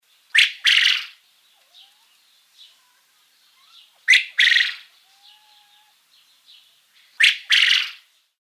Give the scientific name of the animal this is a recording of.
Coturnix coturnix